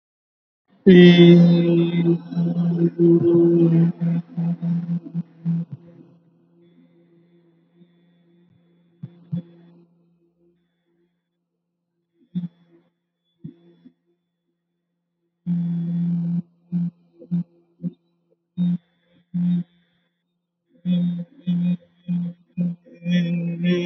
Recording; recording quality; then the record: sustained vowel as in beet; excellent, no background noise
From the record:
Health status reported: healthy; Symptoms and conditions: cold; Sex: male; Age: 24 years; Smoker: not ticked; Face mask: not worn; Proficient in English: yes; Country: India